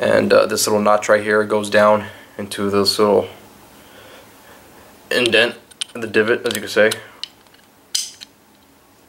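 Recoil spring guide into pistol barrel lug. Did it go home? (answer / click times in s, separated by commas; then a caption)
yes / 7.9 s. During pistol reassembly, someone talks while fitting the notched recoil spring guide of the recoil spring assembly down into the indent on the pistol barrel lug. After the talking stops, there are a few small metallic ticks, then a sharp click at 8.0 s as the assembly snaps into place and seats.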